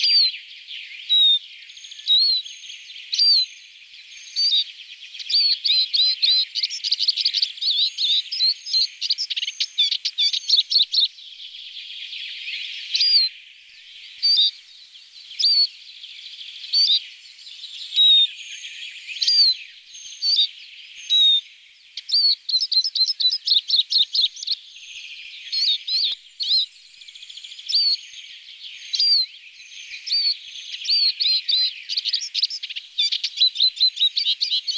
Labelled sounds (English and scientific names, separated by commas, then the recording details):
Eurasian Siskin (Spinus spinus) song
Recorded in the wild
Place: Kandel /Schwarzwald; Waldkirch, Baden-Württemberg, DE
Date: 1985-05-15
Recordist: Schwarz, Dieter